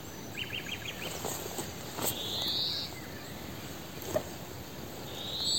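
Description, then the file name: European greenfinch giving one buzzy rising wheeze midway and another starting at the end, with a short burst of quick chirps near the start. "Chloris chloris"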